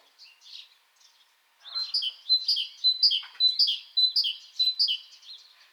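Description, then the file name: Great tit song opening with soft, scattered chips, then a steady run of clear two-note phrases, high then lower, repeated for several seconds. "Parus major"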